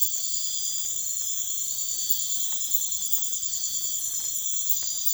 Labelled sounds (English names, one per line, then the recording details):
none
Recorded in dense forest near Puerto Asís, Putumayo, Colombia, on 21 February 2024 at 05:00
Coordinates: 0.505, -76.324
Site G6467